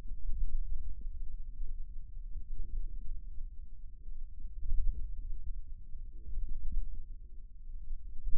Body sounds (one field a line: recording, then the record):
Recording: forearm muscle sounds (acoustic myography)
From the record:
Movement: wrist flexion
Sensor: system 2, bracelet of six BSWA MPA416 microphones around the upper forearm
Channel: 1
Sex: male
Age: 22 years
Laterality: right